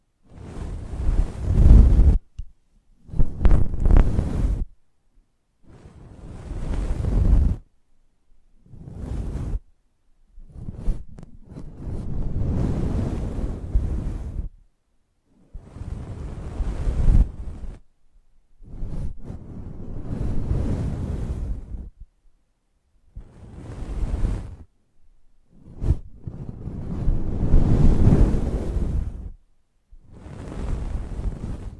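Close-up mic treatment: about a dozen rough, windy rushes of air buffet the microphone, each lasting one to three seconds and separated by short silences. Every burst carries a heavy, rumbling low end under a hissy top, swelling quickly and cutting off abruptly.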